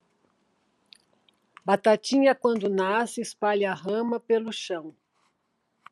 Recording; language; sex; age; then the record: short text; Brazilian Portuguese; female; 70 to 79 years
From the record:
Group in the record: control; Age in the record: 70 years